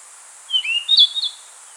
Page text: Rufous-Tailed Flycatcher Song. Quick Sounds